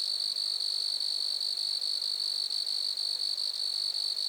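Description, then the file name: Grasshopper call, an unbroken shrill buzz with slight rapid pulsing, steady from start to finish. Grasshoppers recorded at Lac-à-François, Montcerf-Lytton, Quebec, Canada. "criquets-grasshoppers- -lac-acc 80-franccca 7 ois-montcerf-lytton-quecc 81 bec-canada"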